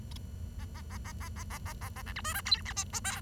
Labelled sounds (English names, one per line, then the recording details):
Bengalese Finch song
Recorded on 23 June 2012 at 08:37
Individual gr41rd51